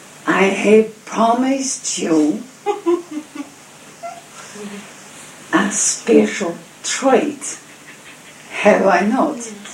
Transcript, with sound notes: I have promised you (Laughter) a special treat, have I not?